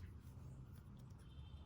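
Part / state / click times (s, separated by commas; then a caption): spinning top part into its mating layer / not seated / none. A spinning top part is lined up with its mating layer by hand, with only a low, steady rumble and faint handling noise throughout. Nothing has seated or clicked yet.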